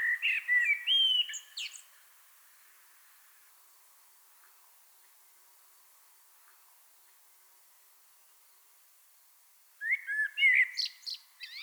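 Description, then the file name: Common blackbird singing two short phrases of rich whistles and high chattering twitters, with a long silent gap between them. "Turdus merula"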